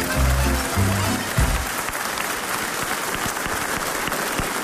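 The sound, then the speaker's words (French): An audience in Momigny applauds steadily, a dense wash of clapping hands that holds at an even level throughout, with a brief low voice or tone at the start beneath it. “Et j'espère, les jumeaux, que le public de Momigny, en vous applaudissant, va aussi mettre la salle en état de siège.”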